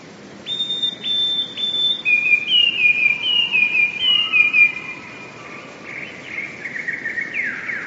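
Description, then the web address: Eurasian blue tit song: three high, thin, steady whistles followed by a quick, lower, descending trill, then softer lower whistled phrases trailing off in the background. "wroblowe teka spiew. wroblowe teka modraszkoteka"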